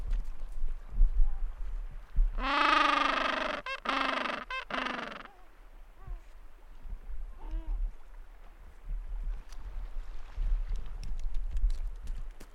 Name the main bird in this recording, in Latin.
Pygoscelis papua